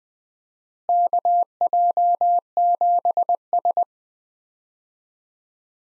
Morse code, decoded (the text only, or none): KJ7S